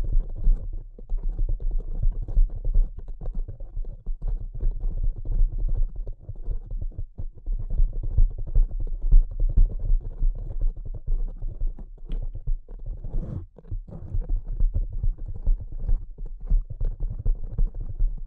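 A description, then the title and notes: Soft, delicate tapping goes on almost without pause, a dense, rapid patter of muffled, low-pitched knocks that blur into a rumbling texture. There is little brightness to it. The flow thins briefly a few times, most clearly around thirteen seconds, then resumes. ASMR Delicate Tapping (No Talking).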